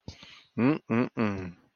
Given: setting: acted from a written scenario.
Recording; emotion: vocal sound without words; desire